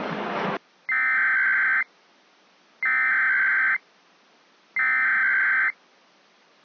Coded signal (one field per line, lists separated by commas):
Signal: Emergency Alert System (SAME) tones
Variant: header bursts